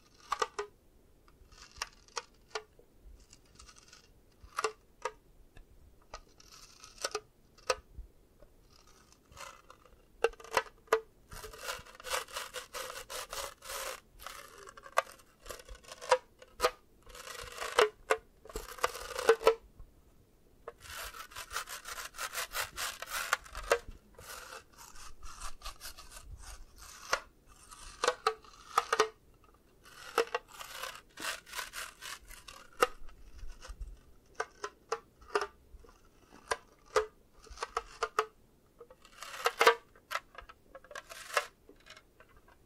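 Eye massage sounds of tapping and scratching, with sharp irregular taps and bursts of bright rubbing and scraping, busiest from about 10 to 30 seconds.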